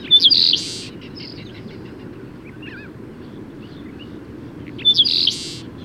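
Bird delivering a strident whistle-and-buzz song twice, separated by nearly five seconds of soft chirps and a brief wavering call, against low background noise.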